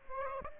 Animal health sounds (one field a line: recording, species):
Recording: mosquito wingbeat signal from an infrared sensor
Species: Aedes aegypti